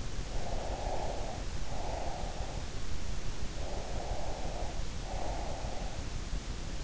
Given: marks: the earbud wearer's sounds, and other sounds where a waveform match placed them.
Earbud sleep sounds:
sounds in sleep by an in-ear microphone; breath
0.31-2.61 s: breath
3.54-6.23 s: breath

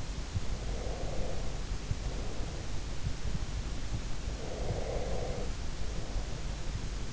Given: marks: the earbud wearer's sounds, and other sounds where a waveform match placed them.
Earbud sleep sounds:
sounds in sleep by an in-ear microphone; breath
0.60-2.68 s: breath
4.33-6.67 s: breath

